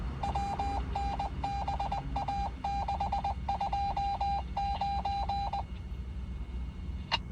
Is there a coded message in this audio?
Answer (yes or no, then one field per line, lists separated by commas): yes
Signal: Morse code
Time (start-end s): 0.2-5.6 s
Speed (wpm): 20 wpm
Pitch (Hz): 800 Hz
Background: none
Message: WNBA629